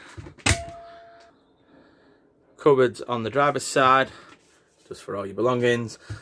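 An overhead cupboard door with a push-button latch in a Bailey Autograph 745 motorhome locker is pushed closed, and the latch snaps home with one short, sharp click at 0.4 s, followed by a brief ringing tail. The latch is seated, and afterward someone talks.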